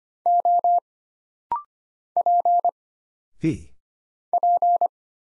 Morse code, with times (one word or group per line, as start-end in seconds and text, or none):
0.3-0.8 O
2.2-2.7 P
4.3-4.9 P